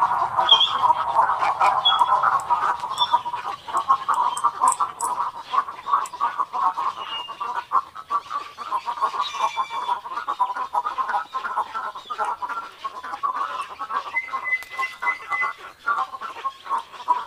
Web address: Large Wading Birds AZFO.